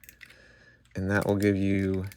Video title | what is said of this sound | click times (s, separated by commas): FlameToys Power Rangers Kara Kuri Dino Megazord! Best Version Ever? | that will extend up you'll hear a click | 0.1 s, 0.2 s